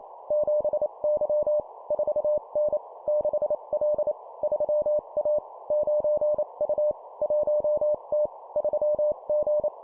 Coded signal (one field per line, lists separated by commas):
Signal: Morse code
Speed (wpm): 28 wpm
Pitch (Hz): 600 Hz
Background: none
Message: 7Y 4N 6L 3A 9U 1T 3G